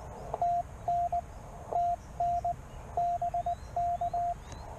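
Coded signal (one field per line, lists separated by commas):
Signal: Morse code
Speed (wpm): 18 wpm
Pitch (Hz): 690 Hz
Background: radio noise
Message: TN TN BK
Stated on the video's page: CW from a solo Parks on the Air activation, using an end-fed half-wave antenna on a travel mast.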